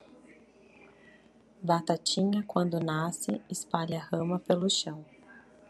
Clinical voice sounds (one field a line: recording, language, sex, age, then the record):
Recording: short text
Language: Brazilian Portuguese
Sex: female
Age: 30 to 39 years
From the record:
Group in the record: control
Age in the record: 31 years